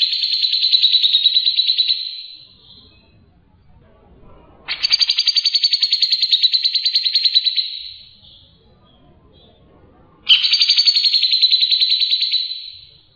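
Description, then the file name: Grey-cheeked bulbul giving three long buzzy pulsed trills, each fading at the end, separated by short quiet gaps. Cucak jenggot sound offered as 'isian', filler song material for tutoring cage birds. "suara cucak jenggot isian"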